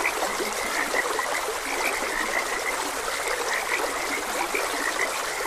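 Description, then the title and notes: Frogs give quick repeated croaks over the even hiss and trickle of a flowing stream. Frogs croaking beside a gentle stream. "Gentle Stream and Frogs Croaking. Sleep and Relaxation Podcast"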